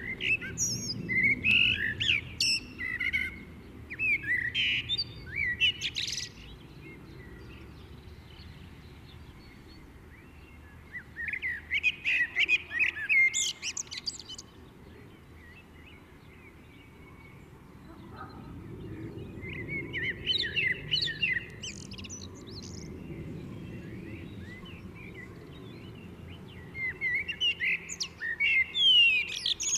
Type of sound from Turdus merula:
song